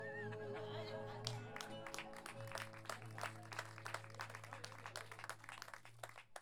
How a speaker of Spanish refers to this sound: Un aplauso a los payadores entonces. Gracias por asistir.